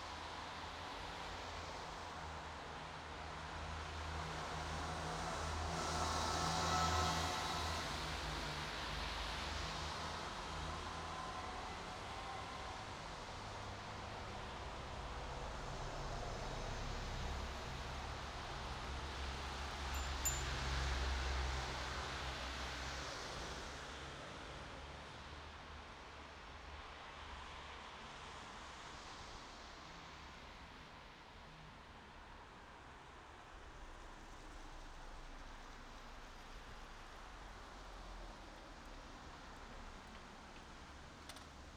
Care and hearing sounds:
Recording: everyday scene through a hearing-aid microphone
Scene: in traffic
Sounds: traffic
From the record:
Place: bus stop on a city main road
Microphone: in the ear canal, right

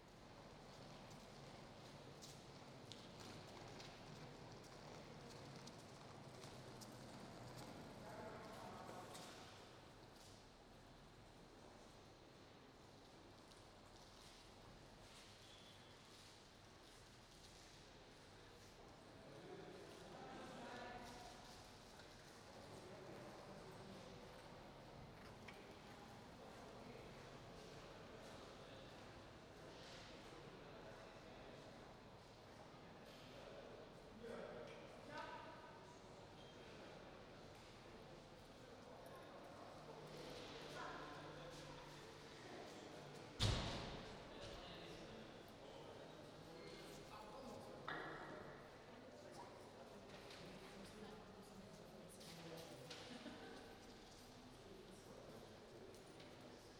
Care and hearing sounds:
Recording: everyday scene through a hearing-aid microphone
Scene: reverberant space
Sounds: background noise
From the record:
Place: railway station hall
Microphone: in the ear canal, right

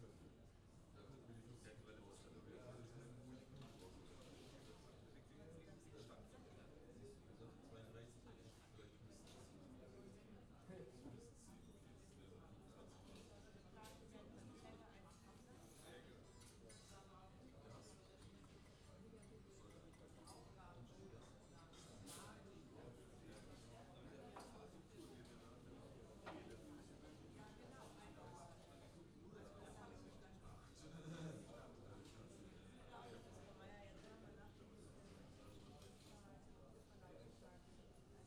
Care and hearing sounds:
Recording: everyday scene through a hearing-aid microphone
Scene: many people talking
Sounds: many voices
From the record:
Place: university cafeteria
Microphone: in the ear canal, left

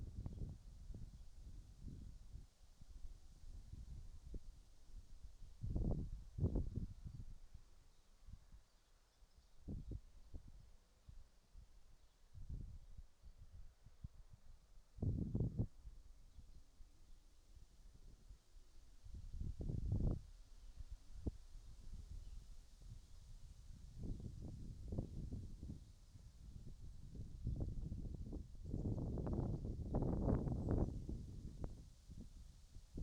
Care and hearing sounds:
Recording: everyday scene through a hearing-aid microphone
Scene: wind on the microphone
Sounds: wind, birds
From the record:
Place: in front of a rural house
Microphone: in the ear canal, right

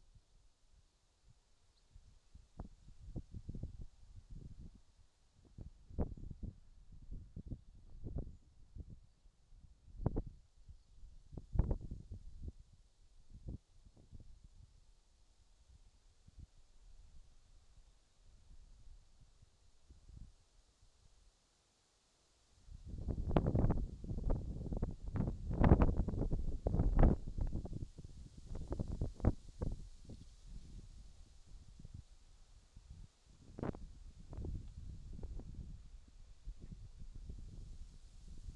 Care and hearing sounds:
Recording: everyday scene through a hearing-aid microphone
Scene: wind on the microphone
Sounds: wind, whistling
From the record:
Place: in front of a rural house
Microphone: in the ear canal, left

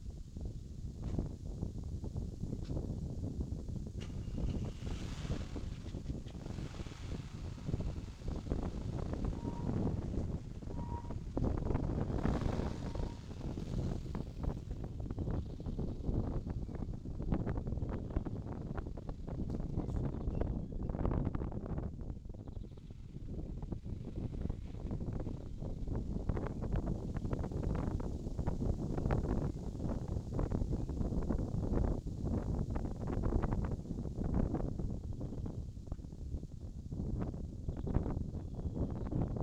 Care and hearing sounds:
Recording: everyday scene through a hearing-aid microphone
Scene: wind on the microphone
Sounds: wind, vehicle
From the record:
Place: in front of a rural house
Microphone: in the ear canal, left

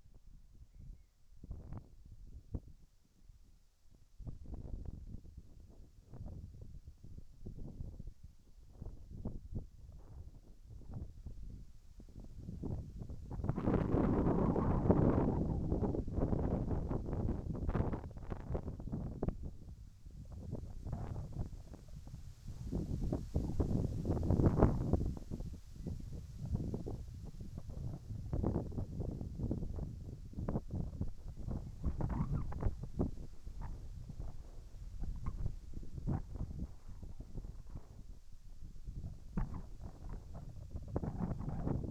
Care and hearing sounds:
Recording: everyday scene through a hearing-aid microphone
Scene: wind on the microphone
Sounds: wind, whistling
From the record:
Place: in front of a rural house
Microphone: behind the ear, right, front

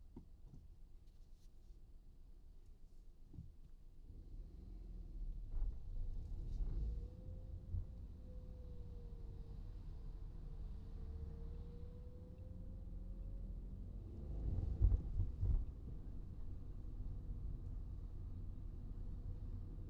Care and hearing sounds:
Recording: everyday scene through a hearing-aid microphone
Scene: in a vehicle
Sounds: engine, traffic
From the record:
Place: Skoda Fabia, gasoline engine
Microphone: in the ear canal, right

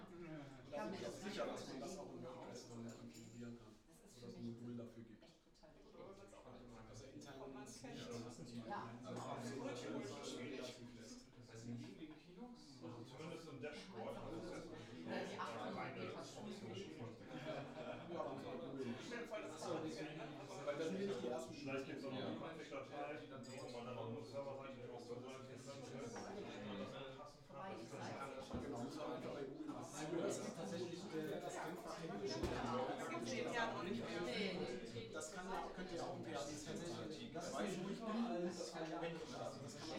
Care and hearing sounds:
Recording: everyday scene through a hearing-aid microphone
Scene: many people talking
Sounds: many voices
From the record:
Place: bistro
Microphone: in the ear canal, left

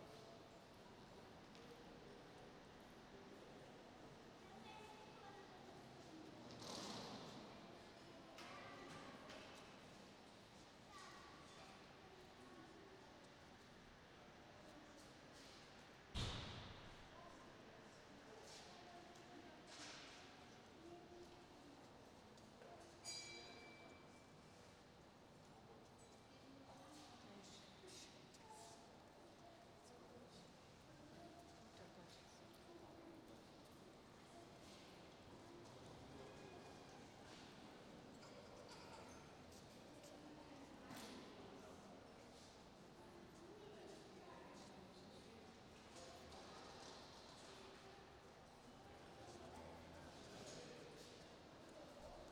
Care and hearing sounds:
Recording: everyday scene through a hearing-aid microphone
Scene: reverberant space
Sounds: background noise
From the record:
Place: railway station hall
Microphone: in the ear canal, right

